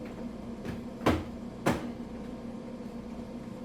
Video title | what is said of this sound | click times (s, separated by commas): Front Load Washer Cleaning Tip (Part 2) - Gasket & Dispenser Deep Clean + Must-Have Tools | okay very easily snaps in place | 1.1 s